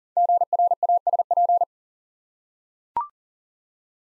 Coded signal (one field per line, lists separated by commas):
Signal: Morse code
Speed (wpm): 41 wpm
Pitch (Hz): 700 Hz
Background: none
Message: GRASP